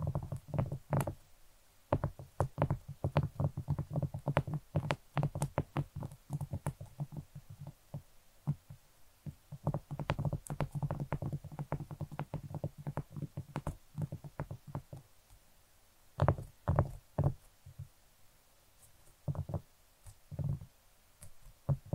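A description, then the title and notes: Dry tapping comes in quick irregular bursts, the sharp clicks landing several times a second with a soft low thud under many of them. Short pauses break the pattern around the middle and near the end, and a quiet hum sits underneath. ASMR Irresistible Tapping For 1 Hour （No Talking）.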